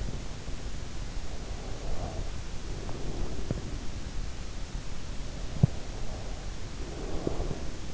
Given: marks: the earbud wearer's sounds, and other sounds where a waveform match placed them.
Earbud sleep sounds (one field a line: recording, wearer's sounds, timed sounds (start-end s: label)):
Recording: sounds in sleep by an in-ear microphone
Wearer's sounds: breath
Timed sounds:
1.31-4.12 s: breath
5.41-7.94 s: breath